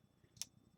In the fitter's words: It says to put these pins in the sides, like this. That was a satisfying click.